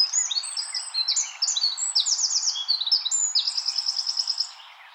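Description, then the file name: Eurasian wren song, a loud, rapid, high-pitched outpouring of sharp notes and fast buzzy trills running for about four and a half seconds before cutting off. "Troglodytes troglodytes"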